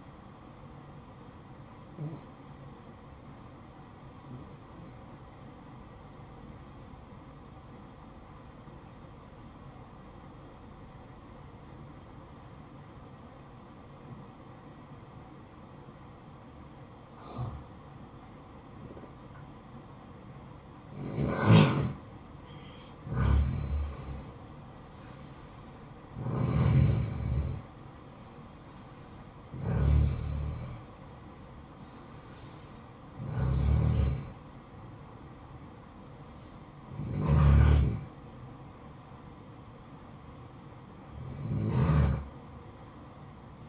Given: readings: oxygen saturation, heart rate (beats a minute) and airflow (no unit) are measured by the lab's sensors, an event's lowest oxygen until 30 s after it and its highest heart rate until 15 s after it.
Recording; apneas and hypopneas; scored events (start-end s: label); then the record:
breathing in sleep by a smartphone at the bedside; 1
3.00-19.90 s: obstructive apnea (N1, oxygen 96% highest, then 90% lowest, heart rate 59 at the start, 64 highest)
From the record:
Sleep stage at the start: N1 (lightest sleep); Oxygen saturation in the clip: 91 to 96%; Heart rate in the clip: 56 to 64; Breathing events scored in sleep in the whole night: 573 in 9.8 hours asleep